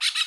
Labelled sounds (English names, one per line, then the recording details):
Brown-throated Parakeet contact call
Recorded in Curacao
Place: Road to Santa Cruz
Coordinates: 12.305, -69.141